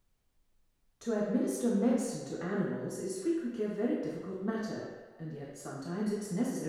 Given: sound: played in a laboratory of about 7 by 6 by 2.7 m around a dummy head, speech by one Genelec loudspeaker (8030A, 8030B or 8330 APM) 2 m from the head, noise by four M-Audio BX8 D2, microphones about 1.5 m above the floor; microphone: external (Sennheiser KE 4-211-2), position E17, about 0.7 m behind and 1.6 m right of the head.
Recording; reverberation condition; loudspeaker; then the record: female speech in English; high; 150 degrees to the right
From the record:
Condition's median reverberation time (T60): about 1300 ms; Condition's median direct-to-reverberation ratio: about -4.0 dB